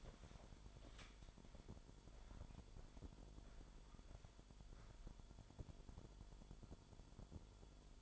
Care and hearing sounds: daily activity, microphone in the room; walk to room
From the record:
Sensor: 5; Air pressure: 1008.3 hPa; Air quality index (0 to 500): 129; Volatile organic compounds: 2 ppm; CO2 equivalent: 986 ppm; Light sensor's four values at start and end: 37/87/35/35 and 38/89/36/35

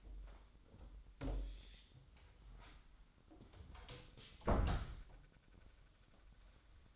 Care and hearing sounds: daily activity, microphone in the room; close door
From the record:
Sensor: 3

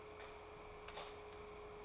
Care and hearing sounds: daily activity, microphone in the room; light off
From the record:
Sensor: 1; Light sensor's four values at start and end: 57/150/62/78 and 55/142/59/74

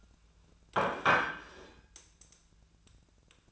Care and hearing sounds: daily activity, microphone in the room; place plate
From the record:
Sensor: 2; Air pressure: 1009.2 hPa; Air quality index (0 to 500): 186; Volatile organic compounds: 11 ppm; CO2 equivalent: 2321 ppm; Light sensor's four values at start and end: 23/56/24/27 and 24/59/25/28

